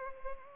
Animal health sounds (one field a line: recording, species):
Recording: mosquito wingbeat signal from an infrared sensor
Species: Culex pipiens